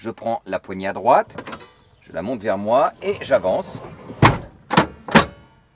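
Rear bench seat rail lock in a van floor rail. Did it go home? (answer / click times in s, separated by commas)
yes / 5.2 s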